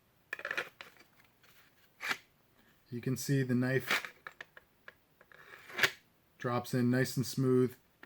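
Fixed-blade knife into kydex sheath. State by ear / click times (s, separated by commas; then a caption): not seated / none. A fixed-blade ESEE-6 knife is handled and slid down into a custom molded kydex sheath while someone talks, with a few light plastic-and-metal ticks and scrapes between the words. Nothing has seated or clicked into the sheath's retention yet.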